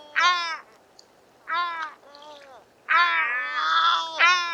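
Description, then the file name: Yellow-legged gull plaintive calls, a few loud harmonic wailing notes separated by short pauses. Immature bird giving various plaintive calls. "Goéland leucophée (Larus michahellis) - Divers cris plaintifs d un oiseau immature"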